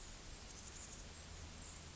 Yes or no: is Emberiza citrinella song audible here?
no